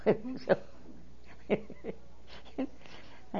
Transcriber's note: she laughs